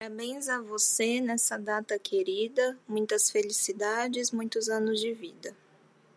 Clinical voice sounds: short text; Brazilian Portuguese; female; 20 to 29 years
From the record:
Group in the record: control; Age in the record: 28 years

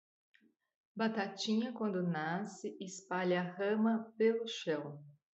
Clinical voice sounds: short text; Brazilian Portuguese; female; 40 to 49 years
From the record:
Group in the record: control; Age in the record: 42 years

